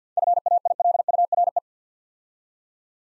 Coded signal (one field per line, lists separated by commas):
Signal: Morse code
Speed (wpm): 52 wpm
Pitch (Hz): 700 Hz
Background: none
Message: FAILURE